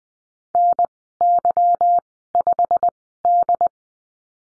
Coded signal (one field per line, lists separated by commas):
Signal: Morse code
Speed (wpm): 19 wpm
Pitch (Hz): 700 Hz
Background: none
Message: NY5D